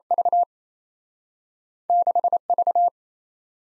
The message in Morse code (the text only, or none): V6 V